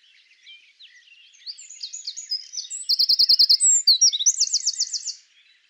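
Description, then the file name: Eurasian wren singing a vigorous high-pitched phrase that builds into loud, evenly repeated rattling trills before stopping abruptly. "Troglodytes troglodytes"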